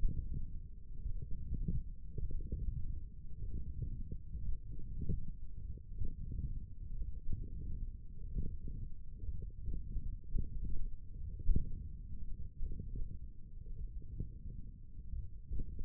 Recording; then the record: forearm muscle sounds (acoustic myography)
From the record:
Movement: wrist flexion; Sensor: system 1, eight BSWA MPA416 microphones around the upper forearm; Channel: 1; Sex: male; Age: 21 years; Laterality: right